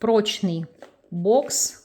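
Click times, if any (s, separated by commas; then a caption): none. Someone talks while handling a sturdy cardboard tarot deck box whose lid has a magnetic closure, with the magnetic flap about to close onto the box body. Nothing has snapped shut or seated yet in this clip; only speech is heard.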